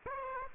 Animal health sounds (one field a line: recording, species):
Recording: mosquito wingbeat signal from an infrared sensor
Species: Aedes aegypti